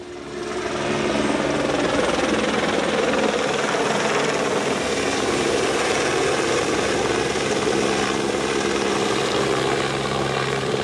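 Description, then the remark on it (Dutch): A helicopter flying back and forth with a bucket slung beneath it, helping restore a conifer forest in the Kronenberg woods, Horst aan de Maas, Limburg, Netherlands, roars steadily, a loud, dense whir of rotor chop and engine noise with a faint whine that slowly shifts in pitch. No one speaks. “Mooi, die heli die vliegt af en aan.”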